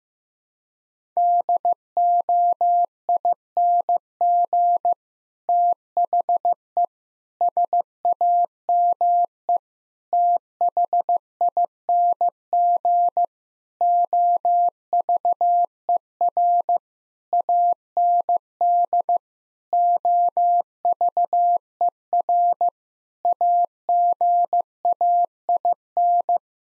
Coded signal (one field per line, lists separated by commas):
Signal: Morse code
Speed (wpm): 15 wpm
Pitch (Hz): 700 Hz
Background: none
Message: DOING THE SAME THING OVER AND OVER AGAIN